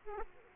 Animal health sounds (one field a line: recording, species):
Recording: mosquito wingbeat signal from an infrared sensor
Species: Aedes aegypti